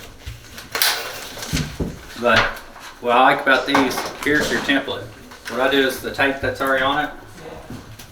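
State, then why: Seated. A spring-clip wall access panel has its spring clips pressed and is pushed into its frame, giving a sharp double snap at about 0.8 s as it seats. Someone then talks for the rest of the clip, with a faint tap near 8.0 s.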